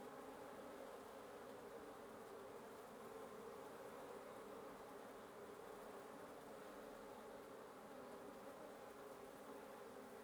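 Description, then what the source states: Wasps droning in an even, continuous buzz that holds level throughout. Wasp nest under the roof of the recordist's residence at 1a Avenida Norte 19, Antigua Guatemala, Guatemala; recorded in the morning.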